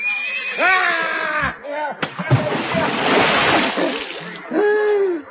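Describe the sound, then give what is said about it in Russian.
A loud, sloshing splash of a man, kicked by a horse he grabbed by its hind leg, dropping into a tub of rainwater lasts about two seconds, framed by a high, wavering horse whinny before it and a strained cry after. “Но она так брыкнулась, что он тут же очутился в лохане с дождевой водой.”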